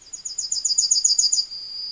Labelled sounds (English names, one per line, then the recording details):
Yellowhammer song
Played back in forest
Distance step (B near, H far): C
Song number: 159